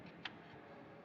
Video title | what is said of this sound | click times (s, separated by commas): P G D C H N Lab classes Govt polytech Jhansi 24 10 2013 By Prakash JG | तो उसको लगाने का तरीका बस यही है, आप इसको हल्का सा ये क्लिक हो गया, ये हो गया, ये हो गया, ठीक | 0.3 s